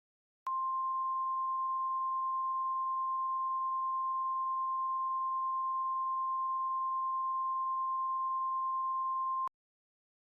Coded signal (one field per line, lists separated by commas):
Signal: Emergency Alert System (SAME) tones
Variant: 1050 Hz attention tone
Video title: two point six | An EAS Recreation of the May 31, 2013 El Reno Tornado | Jackeltron